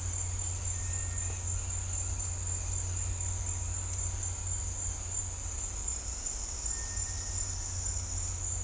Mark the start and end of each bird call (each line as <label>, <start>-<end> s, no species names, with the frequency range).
bird call (1.5-2.2 kHz), 0.74-1.40 s
bird call (1.5-2.3 kHz), 6.67-7.33 s